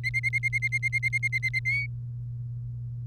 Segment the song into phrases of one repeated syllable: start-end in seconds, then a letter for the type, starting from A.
0.04-1.59 A, 1.65-1.86 B